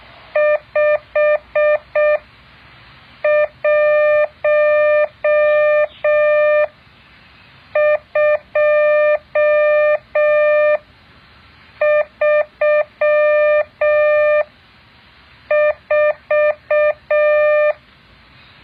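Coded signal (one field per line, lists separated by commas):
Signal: Morse code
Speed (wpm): 6 wpm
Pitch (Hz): 600 Hz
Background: none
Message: 51234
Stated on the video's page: Morse code practice exercise.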